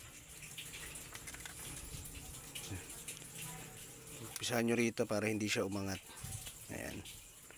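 The plastic back housing of a vivo Y15 smartphone is pressed onto the frame during reassembly after an LCD replacement, starting at one edge so it doesn't lift. There are small handling noises while someone talks. Nothing has seated or clicked yet.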